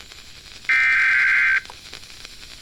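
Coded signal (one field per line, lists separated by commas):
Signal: Emergency Alert System (SAME) tones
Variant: header bursts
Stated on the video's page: EAS alert on station WJSP.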